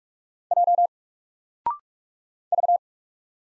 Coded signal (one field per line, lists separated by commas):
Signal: Morse code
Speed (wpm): 44 wpm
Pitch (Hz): 700 Hz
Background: none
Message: J V